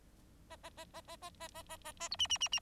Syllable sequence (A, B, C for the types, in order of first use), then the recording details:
A A A A A A A A A A A B C C C C. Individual Bird4